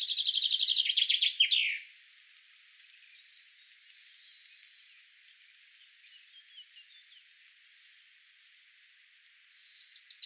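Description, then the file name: Common chaffinch song: a bright, loud trill of repeated notes running down into a quick terminal flourish, followed by near silence and faint chirps, another phrase starting at the end. "Fringilla coelebs"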